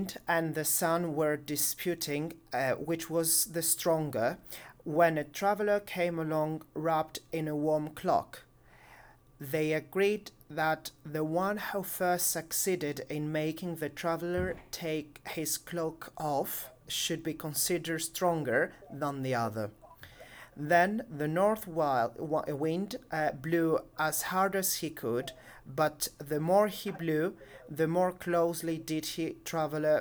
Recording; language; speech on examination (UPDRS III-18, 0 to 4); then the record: text read into a phone; English; 0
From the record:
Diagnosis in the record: healthy control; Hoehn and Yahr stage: 0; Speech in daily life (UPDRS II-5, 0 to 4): 0